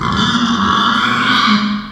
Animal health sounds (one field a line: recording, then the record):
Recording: squeal of a Yucatan mini pig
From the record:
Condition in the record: after surgery on the right vocal fold (resection and tissue-engineered implant)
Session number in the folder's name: 15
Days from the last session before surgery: 175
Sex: female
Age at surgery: 19 weeks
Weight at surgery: 25 kg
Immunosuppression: prednisolone